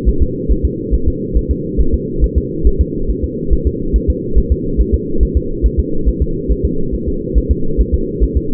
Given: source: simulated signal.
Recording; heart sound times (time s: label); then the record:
fetal heart sounds
0.09 s: S1
0.22 s: S2
0.52 s: S1
0.65 s: S2
0.94 s: S1
1.08 s: S2
1.37 s: S1
1.51 s: S2
1.81 s: S1
1.94 s: S2
2.24 s: S1
2.38 s: S2
2.67 s: S1
2.81 s: S2
3.10 s: S1
3.24 s: S2
3.53 s: S1
3.67 s: S2
3.96 s: S1
4.10 s: S2
4.38 s: S1
4.52 s: S2
4.81 s: S1
4.94 s: S2
5.23 s: S1
5.37 s: S2
5.66 s: S1
5.80 s: S2
6.09 s: S1
6.22 s: S2
6.52 s: S1
6.65 s: S2
6.95 s: S1
7.08 s: S2
7.38 s: S1
7.51 s: S2
7.81 s: S1
7.94 s: S2
8.23 s: S1
8.37 s: S2
From the record:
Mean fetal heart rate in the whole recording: 140 bpm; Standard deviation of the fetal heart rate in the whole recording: 2 bpm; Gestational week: 34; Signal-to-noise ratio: -8.1 dB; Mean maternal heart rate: 72 bpm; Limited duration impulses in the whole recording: absent